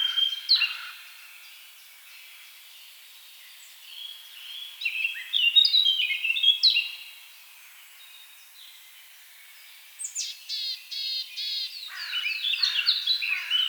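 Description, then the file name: Eurasian blackcap song in several bursts: varied warbling phrases with rich fluting notes, pausing between bursts, the last phrase fast and twittering. "Sylvia atricapilla"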